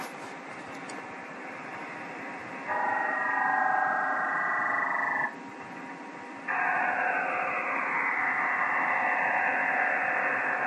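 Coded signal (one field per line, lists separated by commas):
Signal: digital SSTV (DRM)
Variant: EasyPal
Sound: radio hiss, then steady dense hissing data block, pause, then longer data block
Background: radio static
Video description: Using EasyPal to decode digital Slow Scan TV on 14.233MHz.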